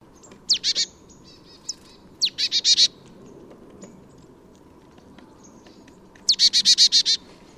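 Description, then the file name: Marsh tit calls: short bursts of rapid, high, buzzy notes, two brief series and a single note in the first few seconds, then a longer run near the end. "Poecile palustris"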